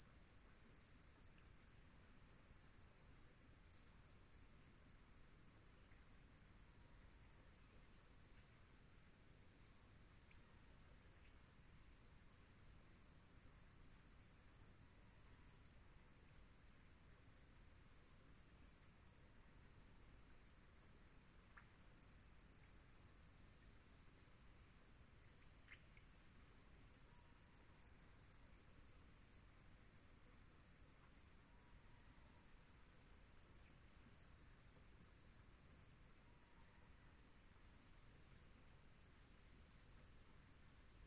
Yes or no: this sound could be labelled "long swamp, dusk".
yes